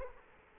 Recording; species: mosquito wingbeat signal from an infrared sensor; Culex quinquefasciatus